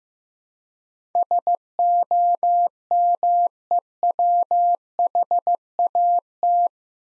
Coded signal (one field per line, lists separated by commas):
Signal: Morse code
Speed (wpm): 15 wpm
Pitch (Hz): 700 Hz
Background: none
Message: SOMEWHAT